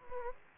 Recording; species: mosquito wingbeat signal from an infrared sensor; Anopheles gambiae